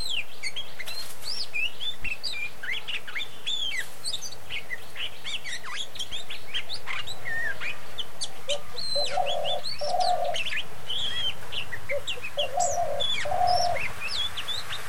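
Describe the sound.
Oriental magpie-robin singing a rich run of clear whistles and short chirps; low, hollow coos join in pairs during the second half.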